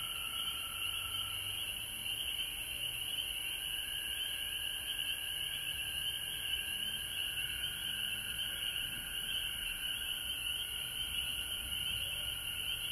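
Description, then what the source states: Frog chorus sustained throughout, dense high trills plus a lower drawn-out tone, with faint soft low notes now and then. Recorded at home in Georgia on March 19, 2020.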